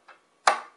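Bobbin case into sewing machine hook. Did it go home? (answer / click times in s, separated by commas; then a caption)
yes / 0.5 s. A bobbin case, held by its lever, is flipped from bottom to top and pushed into the hook area of a sewing machine. A faint tick at 0.1 s is followed by a sharp, bright click at 0.5 s that rings out and fades. The bobbin case is seated.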